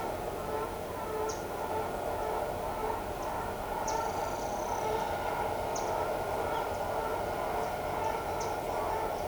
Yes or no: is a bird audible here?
yes